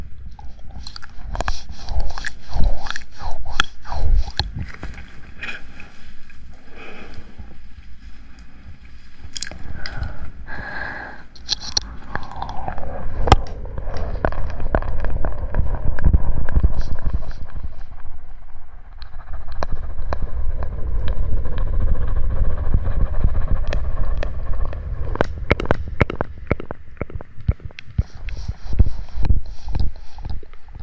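ASMR mouth sounds mixed with mic handling: wet clicks and smacks scattered throughout, over a low, rumbling pumping and swirling that swells and fades in long waves. Sharp taps cluster near the start and again after twenty-five seconds, with brief gaps of quiet between passes.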